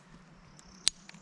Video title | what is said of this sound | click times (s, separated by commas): Tisas 1911 A1 TC 9mm Review | Okay magazine clicked in place now what I'm gonna try is | 0.9 s